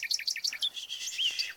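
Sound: bird chirping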